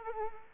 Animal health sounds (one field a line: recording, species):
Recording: mosquito wingbeat signal from an infrared sensor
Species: Culex quinquefasciatus